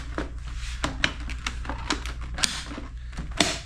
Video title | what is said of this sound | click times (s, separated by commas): Scorpion EXO GT930 Modular Motorcycle Helmet Review | locks in place | 2.4 s, 3.4 s